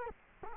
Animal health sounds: mosquito wingbeat signal from an infrared sensor; Culex quinquefasciatus

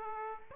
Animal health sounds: mosquito wingbeat signal from an infrared sensor; Aedes aegypti

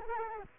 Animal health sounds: mosquito wingbeat signal from an infrared sensor; Culex quinquefasciatus

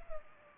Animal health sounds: mosquito wingbeat signal from an infrared sensor; Culex pipiens

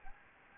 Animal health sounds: mosquito wingbeat signal from an infrared sensor; Anopheles gambiae

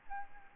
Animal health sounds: mosquito wingbeat signal from an infrared sensor; Aedes albopictus

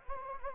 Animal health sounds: mosquito wingbeat signal from an infrared sensor; Anopheles gambiae

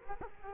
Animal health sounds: mosquito wingbeat signal from an infrared sensor; Culex quinquefasciatus

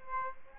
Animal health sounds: mosquito wingbeat signal from an infrared sensor; Aedes aegypti

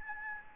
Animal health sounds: mosquito wingbeat signal from an infrared sensor; Anopheles gambiae

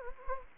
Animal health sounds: mosquito wingbeat signal from an infrared sensor; Anopheles gambiae

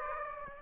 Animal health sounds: mosquito wingbeat signal from an infrared sensor; Aedes aegypti

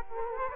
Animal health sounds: mosquito wingbeat signal from an infrared sensor; Culex quinquefasciatus

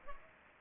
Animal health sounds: mosquito wingbeat signal from an infrared sensor; Culex pipiens

